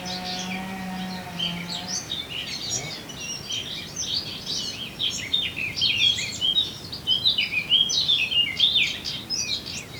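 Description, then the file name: Eurasian blackcap song: a low drone fades after two seconds, then rich, rapid, chattering warbles build and continue to the end. "Sylvia atricapilla"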